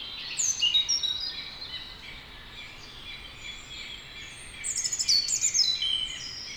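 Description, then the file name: European robin song: two short phrases of high, thin, twittering whistled notes separated by a quiet gap of a few seconds. "Erithacus rubecula"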